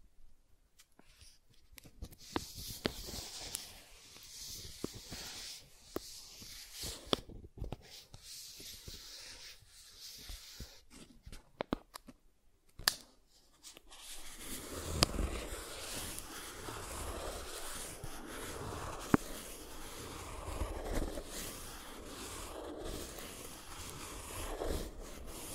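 Soft tracing across surfaces: for the first half, light, airy strokes come in short bursts separated by quiet gaps, with a few sharp ticks. Around fifteen seconds the sound turns into a continuous, fuller rubbing with a grainier, rougher texture that carries on steadily to the end.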